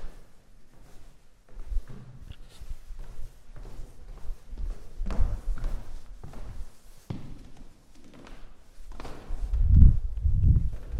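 Outdoor walking sounds with irregular footsteps and brief low thumps spread through the recording, over a quiet, soft background. Faint voices come and go, and a couple of heavier bumps stand out near the end, around ten seconds.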